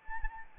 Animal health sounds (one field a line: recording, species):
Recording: mosquito wingbeat signal from an infrared sensor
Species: Anopheles arabiensis